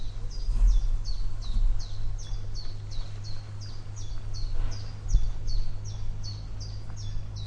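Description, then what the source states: Bird calls, a long steady run of high descending chirps repeated rapidly, over continuous low rumbling noise and occasional knocks. Lakeside bird noise in Berlin.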